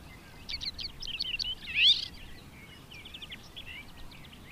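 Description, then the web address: Barred warbler giving a short, scratchy warbling phrase with one louder harsh note, followed by quieter chattering notes against a faint hiss. "Madardalok Cd 2 Karvalyposzáta"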